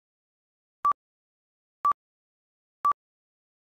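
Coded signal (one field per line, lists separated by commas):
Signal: none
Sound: beeps in music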